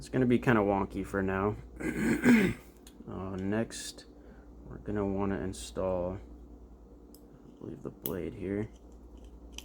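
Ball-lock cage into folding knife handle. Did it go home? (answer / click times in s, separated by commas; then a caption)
no / none. During a rebuild of a Manix 2 folding knife with Applied Weapons Technology scales, a Flytanium ball-lock cage and a spring/ball upgrade, the cage is handled at the knife handle with the blade left in place. Someone talks throughout, with a few faint light handling ticks. Nothing has seated or snapped home yet.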